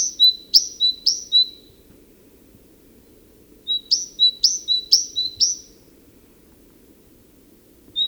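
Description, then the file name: Great tit song: two bursts of ringing high-low note pairs, the second burst longer, with a single note starting again at the end. "Parus major"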